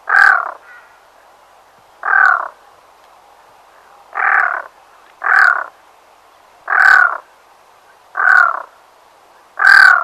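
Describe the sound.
Black-throated loon giving harsh, hoarse croaking notes, seven in ten seconds at uneven intervals of roughly one to two seconds, over quiet background.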